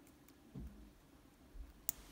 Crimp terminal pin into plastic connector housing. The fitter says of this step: want a positive click with each one